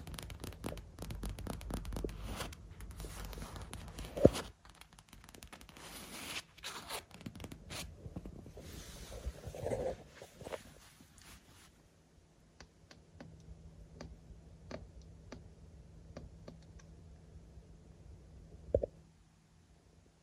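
Tapping and scratching on a lens: dense, rustling scrapes and clicks fill the first twelve seconds, with a sharp knock near four seconds. Afterward the sound thins to sparse, isolated ticks over a low steady hum, ending with one louder tap near nineteen seconds.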